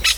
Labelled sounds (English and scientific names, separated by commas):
Brown-throated Parakeet (Eupsittula pertinax) contact call